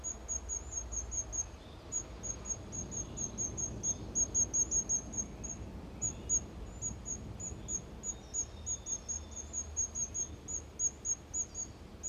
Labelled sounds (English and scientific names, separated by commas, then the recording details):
Common Firecrest (Regulus ignicapilla) call
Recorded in the wild
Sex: male
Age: adult
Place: Detmold, OT Hiddesen, Teutoburger Wald, Nordrhein-Westfalen, DE
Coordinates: 51.9272, 8.80583
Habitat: pond
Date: 1972-04-13
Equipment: Uher 4200 Report Stereo, Bändchenmikro Beyer M 260, Parabolspiegel Polyester (600 mm)
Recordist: Conrads, Klaus
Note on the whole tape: NSG Donoper Teich bei Detmold. Männchen: Rufe